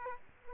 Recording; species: mosquito wingbeat signal from an infrared sensor; Aedes aegypti